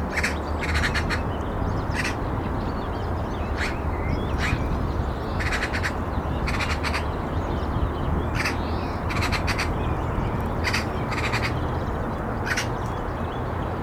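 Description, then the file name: Eurasian magpie giving harsh, rattling chatter calls in short bursts, often doubled or tripled, spread throughout over a steady low rumble of background noise. "Pica pica"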